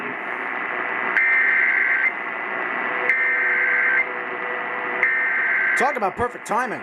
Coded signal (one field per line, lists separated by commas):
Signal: Emergency Alert System (SAME) tones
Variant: header bursts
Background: speech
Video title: 650, 840!! EAS Alerts from 2/24/18 (EAS #795 - 807)